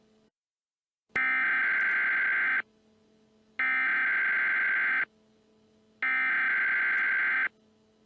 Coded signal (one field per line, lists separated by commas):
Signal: Emergency Alert System (SAME) tones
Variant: header bursts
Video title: EAS MOCK - Evil Darwin Part 2